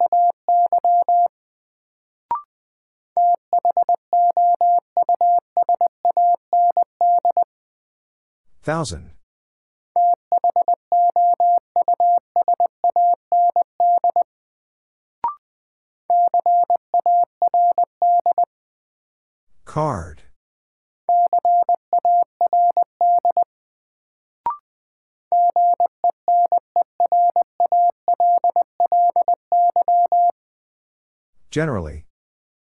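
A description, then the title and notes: Morse code beeps in a steady mid-pitched tone, keyed in quick runs of short and long marks with brief pauses between groups. Each run ends with a short sharp click, and about every eleven seconds a brief rising swish of noise cuts in. First, the word is sent in Morse code. Then it is spoken. Sentences from Top 600 Words - New Word Drill - 20wpm.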